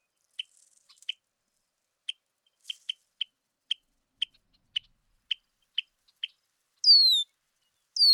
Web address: birdsongforthecurious Red-winged Blackbird